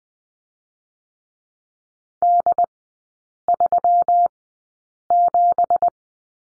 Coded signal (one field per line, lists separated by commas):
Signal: Morse code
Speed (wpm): 20 wpm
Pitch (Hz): 700 Hz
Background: none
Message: D37